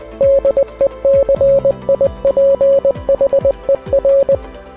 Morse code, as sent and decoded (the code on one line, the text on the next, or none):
-.. . -.-. .. .--. .... . .-.
DECIPHER